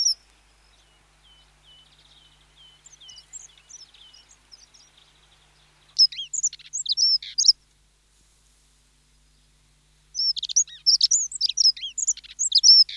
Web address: Dunnock, with skylark and mistle thrush, gusty wind in background